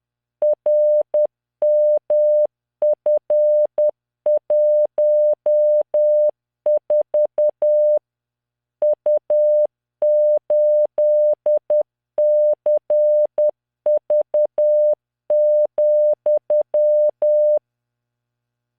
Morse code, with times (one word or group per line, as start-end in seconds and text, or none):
0.4-8.0 RMF14
8.8-17.6 U8CV,